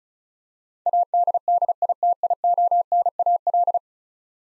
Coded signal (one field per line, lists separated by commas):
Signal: Morse code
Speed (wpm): 36 wpm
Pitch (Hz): 700 Hz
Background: none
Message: ADDITIONAL